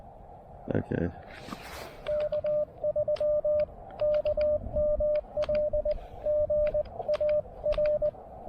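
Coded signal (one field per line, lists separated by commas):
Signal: Morse code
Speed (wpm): 20 wpm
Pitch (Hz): 600 Hz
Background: speech, radio noise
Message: K3KML GAR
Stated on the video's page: Parks on the Air activation at a North Carolina lighthouse.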